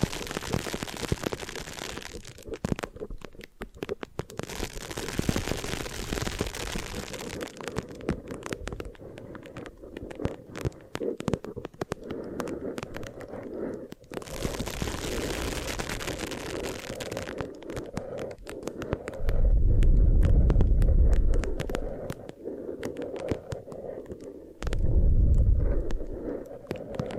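Hair being washed and brushed, with dense scratchy rustling that comes in bursts, bright hissy passages around 0–2, 5–7 and 14–17 seconds. Beneath runs a steady midrange rubbing, and deep thumping swells rise near 20 and 25 seconds.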